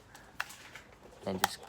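A small plastic attachment piece is slid up onto a toy foam-dart blaster while someone talks, with a sharp tap at 0.4 s and faint handling noises around 0.2 s and 0.8 s. The piece is handled but not yet home; nothing has clicked into place yet.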